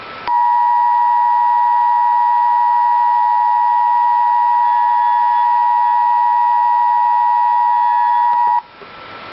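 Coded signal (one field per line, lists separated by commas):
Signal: Emergency Alert System (SAME) tones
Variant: 853 and 960 Hz attention tone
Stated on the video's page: Real severe thunderstorm warning from the National Weather Service in Tallahassee for Coffee County, Alabama.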